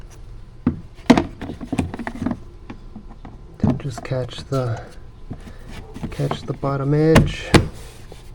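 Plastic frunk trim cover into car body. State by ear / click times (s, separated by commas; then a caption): not seated / none. A plastic frunk trim cover on a Tesla Model 3 is handled and caught by its bottom edge while being fitted into the car body. Several sharp taps and knocks of plastic are heard while someone talks. Nothing has seated or clicked yet.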